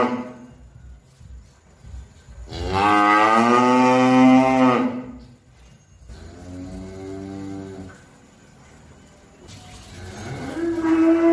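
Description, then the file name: Cow mooing: one long loud harmonic moo, then a softer moo, and another beginning at the end. "suara sapi"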